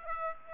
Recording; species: mosquito wingbeat signal from an infrared sensor; Aedes aegypti